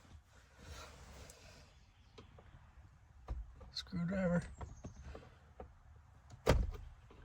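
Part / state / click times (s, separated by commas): plastic trim part into center console armrest / seated / 6.5 s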